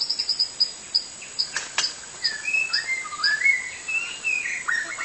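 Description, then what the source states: White-rumped shama song: varied whistled phrases rising and falling, mixed with a rapid series of high, thin chips and a few brief clicks. Wild bird singing in forest.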